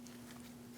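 A plastic wiring harness connector is being handled at the back of a new rear side marker light housing on a 2000–2006 Mini Cooper. A steady low hum runs throughout, with a brief faint tick near 0.1 s. Nothing has seated or clicked yet.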